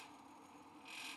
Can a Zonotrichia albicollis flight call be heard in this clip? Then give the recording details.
no. No flight call is heard. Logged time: 10:50 on 5 December 2014